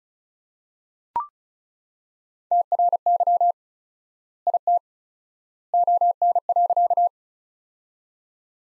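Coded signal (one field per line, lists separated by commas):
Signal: Morse code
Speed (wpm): 36 wpm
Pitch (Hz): 700 Hz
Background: none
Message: TRY IT ON.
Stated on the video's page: Practice sentences from top 200 words at 35 wpm with 4x word-spacing, a word-based approach analogous to Farnsworth.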